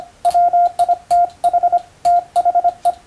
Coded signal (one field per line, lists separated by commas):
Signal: Morse code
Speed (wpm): 25 wpm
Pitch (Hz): 700 Hz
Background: radio noise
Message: WITH THE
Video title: 【モールス符号を打電せよ！】欧文モールス信号１２５字／分、第一級総合無線通信士の電気通信術の練習です。モールスの受信練習に(practice for radiotelegraph operator)